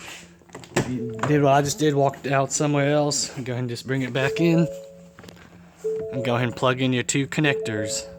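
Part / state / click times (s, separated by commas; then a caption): wiring connector into headlight switch / not seated / none. Someone talks while handling the headlight switch and its two wiring connectors on a Ford Fusion/Mondeo, bringing the switch back in to plug the connectors into its back. A few short sharp handling knocks are heard near the start, the loudest at about 0.8 s, with faint ticks around 5.2–5.3 s. Nothing has seated or clicked into place yet.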